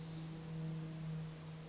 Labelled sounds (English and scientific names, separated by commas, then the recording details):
Brown Creeper (Certhia americana)
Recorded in Sonoma County, California